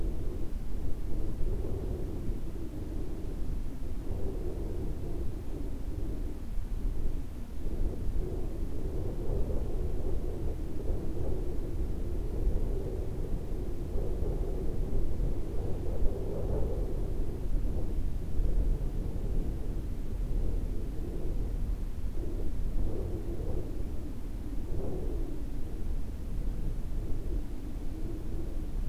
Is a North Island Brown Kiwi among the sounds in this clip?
no